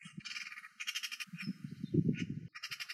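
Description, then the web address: Eurasian Magpie giving harsh, rattling chatter in quick bursts with broad noisy energy, alongside low croaking pulses underneath. "Pica pica"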